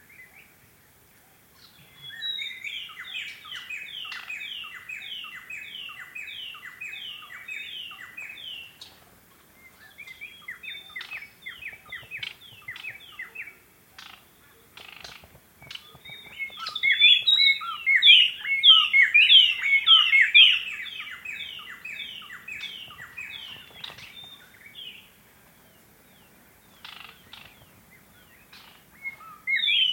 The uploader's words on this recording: Field Recording: White-Browed Robin Chat. 6:36 AM. Okavango Panhandle. I hid in my tent with the mic outside to capture this. Sound Devices 702 digital recorder with Sennheiser 418 stereo shotgun microphone (M/S).